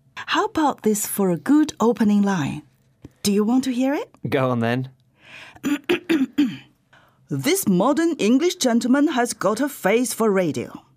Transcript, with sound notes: How about this for a good opening line? Do you want to hear it?
Go on then.
(clearing her throat) 'This modern English gentleman has got a face for radio.